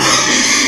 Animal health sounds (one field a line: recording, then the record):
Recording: squeal of a Yucatan mini pig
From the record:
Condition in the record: before surgery on the right vocal fold (resection and tissue-engineered implant)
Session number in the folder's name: 2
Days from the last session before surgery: 0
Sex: male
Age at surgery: 12 weeks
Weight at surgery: 13 kg